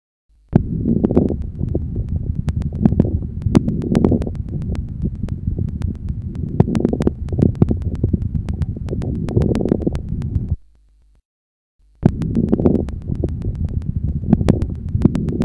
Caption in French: Au milieu de l'inspiration et respecte le début et la fin de l'inspiration. Ils traduisent l'existence de sécrétions bronchiques, d'où leur caractère variable d'un cycle à l'autre et leur association fréquente à quelques crépitants expiratoires. Écoutez encore les crépitants de mi-inspiration.